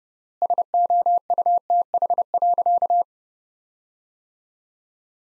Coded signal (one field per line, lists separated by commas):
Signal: Morse code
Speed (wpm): 32 wpm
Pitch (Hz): 700 Hz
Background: none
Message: SOUTH.